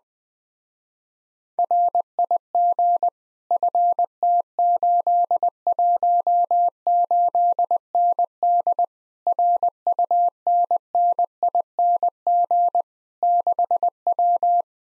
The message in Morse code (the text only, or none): RIG FT818ND RUNNING 6W